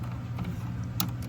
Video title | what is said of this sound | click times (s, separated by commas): MIDACO Servo Auto Door Software Update Tutorial | insert the SD card right here till it clicks. | 1.0 s